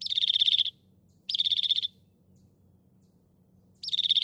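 Northern mockingbird singing a harsh, buzzy rattling phrase, repeated three times with pauses between.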